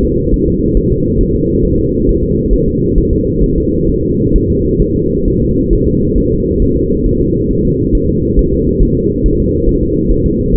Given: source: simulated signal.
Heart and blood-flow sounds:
fetal heart sounds
0.05 s: S2
0.34 s: S1
0.48 s: S2
0.77 s: S1
0.92 s: S2
1.21 s: S1
1.35 s: S2
1.65 s: S1
1.79 s: S2
2.09 s: S1
2.23 s: S2
2.53 s: S1
2.68 s: S2
2.98 s: S1
3.13 s: S2
3.44 s: S1
3.58 s: S2
3.89 s: S1
4.04 s: S2
4.36 s: S1
4.50 s: S2
4.82 s: S1
4.96 s: S2
5.28 s: S1
5.42 s: S2
5.73 s: S1
5.87 s: S2
6.18 s: S1
6.32 s: S2
6.62 s: S1
6.77 s: S2
7.06 s: S1
7.21 s: S2
7.51 s: S1
7.65 s: S2
7.95 s: S1
8.09 s: S2
8.39 s: S1
8.53 s: S2
8.83 s: S1
8.97 s: S2
9.26 s: S1
9.40 s: S2
9.69 s: S1
9.83 s: S2
10.11 s: S1
10.26 s: S2
10.54 s: S1
From the record:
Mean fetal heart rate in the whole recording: 135 bpm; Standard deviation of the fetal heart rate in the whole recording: 3 bpm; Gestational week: 36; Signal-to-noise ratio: -14.7 dB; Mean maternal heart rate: 72 bpm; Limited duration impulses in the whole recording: present

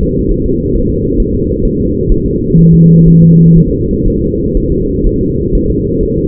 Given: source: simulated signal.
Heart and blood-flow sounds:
fetal heart sounds
0.03 s: S2
0.32 s: S1
0.46 s: S2
0.75 s: S1
0.90 s: S2
1.20 s: S1
1.35 s: S2
1.65 s: S1
1.80 s: S2
2.12 s: S1
2.26 s: S2
2.59 s: S1
2.74 s: S2
3.08 s: S1
3.23 s: S2
3.58 s: S1
3.72 s: S2
4.08 s: S1
4.22 s: S2
4.57 s: S1
4.72 s: S2
5.07 s: S1
5.21 s: S2
5.55 s: S1
5.70 s: S2
6.03 s: S1
6.18 s: S2
From the record:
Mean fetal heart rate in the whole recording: 130 bpm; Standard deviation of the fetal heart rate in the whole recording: 4 bpm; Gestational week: 38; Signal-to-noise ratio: -10.2 dB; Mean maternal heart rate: 72 bpm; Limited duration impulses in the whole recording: present

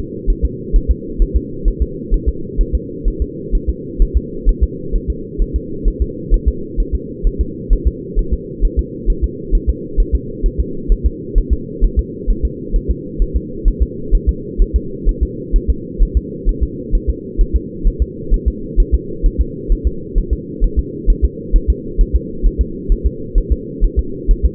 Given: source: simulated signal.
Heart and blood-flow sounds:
fetal heart sounds
0.30 s: S1
0.45 s: S2
0.76 s: S1
0.91 s: S2
1.22 s: S1
1.36 s: S2
1.68 s: S1
1.82 s: S2
2.14 s: S1
2.28 s: S2
2.61 s: S1
2.75 s: S2
3.08 s: S1
3.22 s: S2
3.55 s: S1
3.69 s: S2
4.02 s: S1
4.17 s: S2
4.49 s: S1
4.63 s: S2
4.95 s: S1
5.10 s: S2
5.42 s: S1
5.56 s: S2
5.88 s: S1
6.02 s: S2
6.34 s: S1
6.48 s: S2
6.80 s: S1
6.95 s: S2
7.27 s: S1
7.41 s: S2
7.73 s: S1
7.88 s: S2
8.19 s: S1
8.33 s: S2
8.65 s: S1
8.79 s: S2
9.10 s: S1
9.24 s: S2
9.55 s: S1
9.69 s: S2
10.00 s: S1
10.15 s: S2
10.46 s: S1
10.60 s: S2
10.92 s: S1
11.06 s: S2
11.38 s: S1
11.53 s: S2
11.84 s: S1
11.99 s: S2
12.30 s: S1
12.45 s: S2
12.76 s: S1
12.91 s: S2
13.22 s: S1
13.36 s: S2
13.68 s: S1
13.82 s: S2
14.15 s: S1
14.29 s: S2
14.62 s: S1
14.76 s: S2
15.09 s: S1
15.23 s: S2
15.56 s: S1
15.70 s: S2
16.02 s: S1
16.17 s: S2
16.49 s: S1
16.63 s: S2
16.95 s: S1
17.09 s: S2
17.41 s: S1
17.56 s: S2
17.88 s: S1
18.02 s: S2
18.34 s: S1
18.48 s: S2
18.80 s: S1
18.94 s: S2
19.26 s: S1
19.41 s: S2
19.72 s: S1
19.87 s: S2
20.18 s: S1
20.33 s: S2
20.64 s: S1
20.79 s: S2
21.10 s: S1
21.25 s: S2
21.56 s: S1
21.70 s: S2
22.01 s: S1
22.16 s: S2
22.47 s: S1
22.61 s: S2
22.92 s: S1
23.06 s: S2
23.38 s: S1
23.52 s: S2
23.84 s: S1
23.99 s: S2
24.31 s: S1
24.45 s: S2
From the record:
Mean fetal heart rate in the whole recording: 130 bpm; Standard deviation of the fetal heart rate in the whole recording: 2 bpm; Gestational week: 38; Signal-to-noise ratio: -4.3 dB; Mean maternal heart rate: 72 bpm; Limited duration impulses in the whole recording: absent

